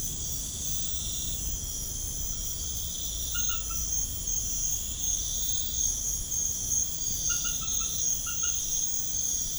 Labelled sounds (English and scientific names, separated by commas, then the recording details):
none
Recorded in pastures near Puerto Asís, Putumayo, Colombia, on 21 March 2025 at 22:00
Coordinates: 0.505, -76.324
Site GP08